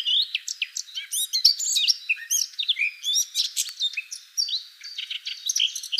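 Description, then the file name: Eurasian blackcap warbling: dense, quickly changing chirps, rising and falling whistles and scratchy notes, pouring out continuously for about six seconds. "Sylvia atricapilla"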